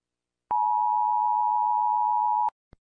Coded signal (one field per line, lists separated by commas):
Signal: Emergency Alert System (SAME) tones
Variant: 853 and 960 Hz attention tone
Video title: US EAS alarm sound effect